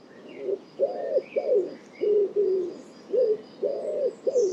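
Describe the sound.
Bird cooing in short, low, hollow notes repeated in small bursts, while other birds add faint thin chirps in the background.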